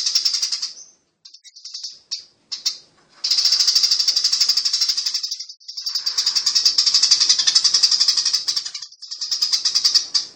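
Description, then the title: Bird song: high, fast, scratchy twittering in long continuous runs, separated by short stuttering phrases and small breaks. "SuaraBurung Kicau"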